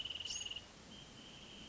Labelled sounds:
Wrentit (Chamaea fasciata)
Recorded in Sonoma County, California

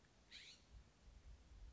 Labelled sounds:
California Scrub-Jay (Aphelocoma californica)
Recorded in Sonoma County, California

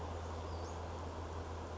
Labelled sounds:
Western Flycatcher (Empidonax difficilis)
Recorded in Sonoma County, California

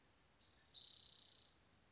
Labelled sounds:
Spotted Towhee (Pipilo maculatus)
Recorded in Sonoma County, California

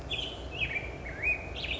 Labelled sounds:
Black-headed Grosbeak (Pheucticus melanocephalus)
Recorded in Sonoma County, California

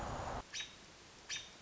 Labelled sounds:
American Robin (Turdus migratorius)
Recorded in Sonoma County, California

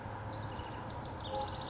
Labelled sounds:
House Wren (Troglodytes aedon)
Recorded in Sonoma County, California

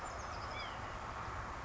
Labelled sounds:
White-breasted Nuthatch (Sitta carolinensis)
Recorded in Sonoma County, California

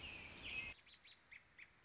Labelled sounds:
American Robin (Turdus migratorius)
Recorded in Sonoma County, California

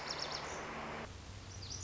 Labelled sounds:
Lazuli Bunting (Passerina amoena)
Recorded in Sonoma County, California

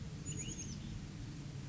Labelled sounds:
Chestnut-backed Chickadee (Poecile rufescens)
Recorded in Sonoma County, California

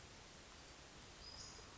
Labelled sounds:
Western Flycatcher (Empidonax difficilis)
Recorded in Sonoma County, California

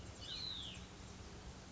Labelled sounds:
Hutton's Vireo (Vireo huttoni)
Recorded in Sonoma County, California

